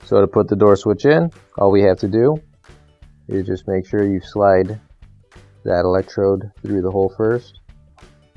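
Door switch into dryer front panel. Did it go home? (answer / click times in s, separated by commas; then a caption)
no / none. Someone talks over background music while a new plastic OEM replacement door switch (W10169313, AP4319999) for a Maytag dryer is handled, with its electrode slid through the hole in the dryer's front panel. Nothing has seated or clicked yet.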